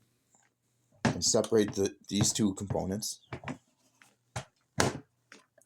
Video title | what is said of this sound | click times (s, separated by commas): Remembering that God has said His grace is sufficient. | push it back down and it locks. | 4.8 s